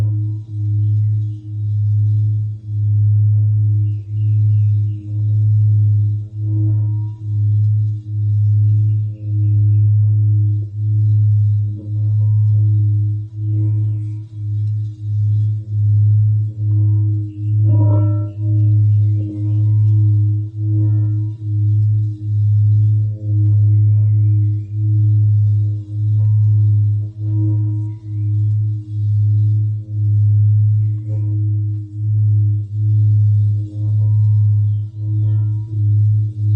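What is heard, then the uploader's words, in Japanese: A singing bowl hums low and steady, pulsing slowly about once a second, while small birds chirp in brief bright bursts throughout, busiest around eighteen seconds. メキシコから おやすみシンギングボウルのサウンドヒーリング。小鳥さんの声とSinging Bowlの音。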